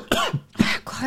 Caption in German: Hören Sie mal das Husten auf. Ist halt Corona.